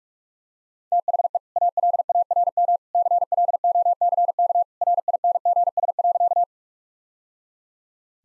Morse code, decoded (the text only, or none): THE ALARM CLOCK RINGS.